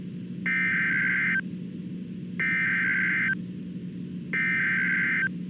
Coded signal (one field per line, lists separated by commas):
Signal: Emergency Alert System (SAME) tones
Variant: header bursts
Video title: EAS: The March 17 Guthrie, Oklahoma Fire Events